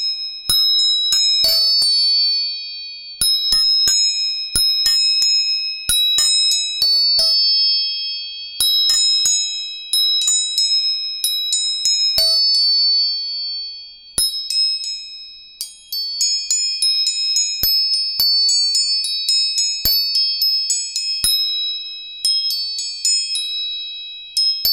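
Tuning forks are struck again and again, each tap a sharp click that blooms into bright, pure ringing tones held high and steady. Strikes come irregularly, sometimes in quick clusters, with a brief lull just before the midpoint, and the ringing rarely fully fades.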